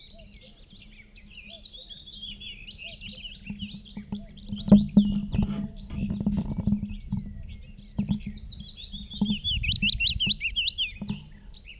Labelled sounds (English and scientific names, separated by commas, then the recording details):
Willow Warbler (Phylloscopus trochilus)
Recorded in the wild
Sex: male
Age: adult
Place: Thumsee, Bayern, DE
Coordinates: 47.7167, 12.8167
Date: 1964-06-03
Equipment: LGS26
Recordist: Faber, A. and Stumbrat
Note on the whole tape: Auf der Alpstraße Richtung Tumsee. Vogel wird durch Tonbandaufnahmen gelockt, daraufhin Lockrufe mit Flügelschlagen und Gesänge. Auch Aufnahmen vom 25.06.1964 um 11.30 Uhr